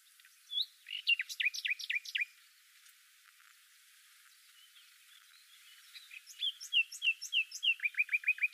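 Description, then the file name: Common nightingale song: a phrase of steep down-slurred notes, a quiet gap, then a run of repeated slurred notes speeding into a rapid series. "Luscinia megarhynchos"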